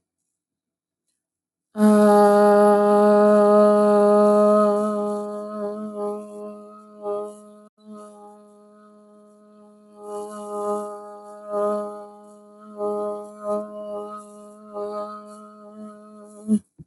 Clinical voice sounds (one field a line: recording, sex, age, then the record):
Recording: vowel held as long as possible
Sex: female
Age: 30 to 39 years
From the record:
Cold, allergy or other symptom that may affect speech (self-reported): no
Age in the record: 36 years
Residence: Georgia, United States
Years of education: 16